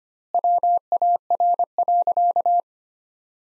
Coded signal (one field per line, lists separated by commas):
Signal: Morse code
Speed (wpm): 25 wpm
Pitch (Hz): 700 Hz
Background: none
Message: WAR.